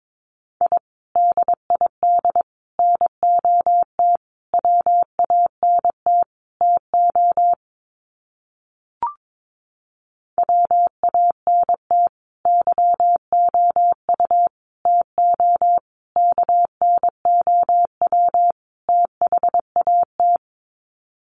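Morse code beeps at one steady mid pitch, keyed in short dots and longer dashes grouped into letters with small gaps between. The keying runs for about seven seconds, stops for a pause with a single brief click near the nine-second mark, then resumes until about twenty seconds.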